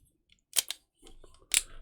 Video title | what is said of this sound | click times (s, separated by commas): QNAP NAS Guide - Installing Drives, Software, RAID and Volumes | those clips will click in and you'll know it's fine | 0.6 s, 1.6 s